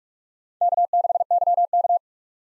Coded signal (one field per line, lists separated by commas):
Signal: Morse code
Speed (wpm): 46 wpm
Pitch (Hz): 700 Hz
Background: none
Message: K6YK